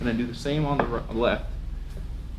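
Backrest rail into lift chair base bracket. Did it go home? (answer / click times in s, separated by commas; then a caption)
no / none. Someone talks while handling the metal side rail of a Pride Mobility Vivalift lift chair power recliner's backrest as it is inserted into the receiving bracket on the chair base. Only speech and faint handling noise are heard. Nothing has seated or clicked yet.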